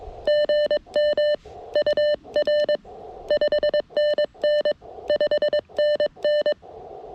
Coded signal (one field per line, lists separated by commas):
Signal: Morse code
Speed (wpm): 22 wpm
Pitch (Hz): 600 Hz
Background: none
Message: GM UR 5NN 5NN